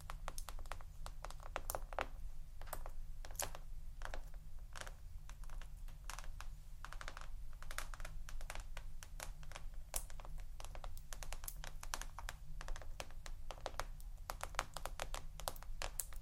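Rapid, irregular tapping clicks like fingers on a keyboard continue throughout, sharp and bright over a steady low rumbling hum underneath.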